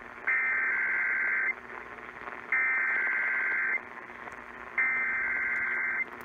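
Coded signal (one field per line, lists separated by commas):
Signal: Emergency Alert System (SAME) tones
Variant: header bursts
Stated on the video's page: Southern Nevada Required Monthly Tests received off the air.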